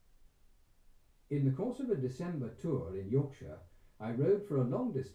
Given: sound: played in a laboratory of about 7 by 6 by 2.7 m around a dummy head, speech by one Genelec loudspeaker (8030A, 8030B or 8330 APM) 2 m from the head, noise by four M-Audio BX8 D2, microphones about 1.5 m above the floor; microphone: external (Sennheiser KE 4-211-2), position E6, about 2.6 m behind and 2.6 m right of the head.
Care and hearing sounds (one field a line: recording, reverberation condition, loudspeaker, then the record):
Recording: male speech in English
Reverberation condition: low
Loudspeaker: 150 degrees to the right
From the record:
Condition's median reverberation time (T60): about 310 ms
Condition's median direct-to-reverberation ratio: about 3.5 dB